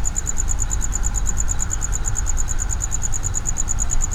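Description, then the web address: Cricket's high, pulsing call repeated quickly and steadily, heard over strong low rumble. Cricket inside a plastic distribution box at Jászberény Zoo, recorded in 2016. "allathangok jaszberenyizoo 2016 tucsok muanyagelosztodobozban"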